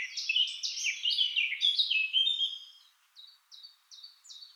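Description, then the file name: Eurasian blackcap song, a rich rapid warble for nearly three seconds, followed by four short separate high notes spaced evenly. "Sylvia atricapilla"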